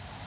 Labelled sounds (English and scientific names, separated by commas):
Blackburnian Warbler (Setophaga fusca) flight call